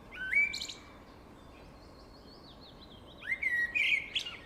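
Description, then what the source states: Blackbird song: two short phrases about three seconds apart, each a clear rising whistle running into thin, scratchy twittering, over a soft steady background hiss. Singing in a deep forest.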